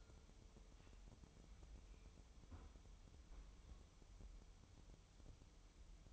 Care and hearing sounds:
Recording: daily activity, microphone in the room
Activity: close fridge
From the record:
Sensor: 1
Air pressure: 988.4 hPa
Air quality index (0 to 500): 199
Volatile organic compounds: 1000 ppm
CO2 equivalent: 5324 ppm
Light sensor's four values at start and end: 26/99/37/39 and 26/99/37/39

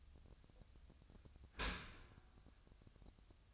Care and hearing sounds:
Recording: daily activity, microphone in the room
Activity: open dishwasher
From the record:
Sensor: 2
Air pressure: 1004.5 hPa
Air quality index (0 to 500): 114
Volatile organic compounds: 3 ppm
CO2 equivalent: 1384 ppm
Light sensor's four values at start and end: 6/15/6/6 and 6/15/6/6

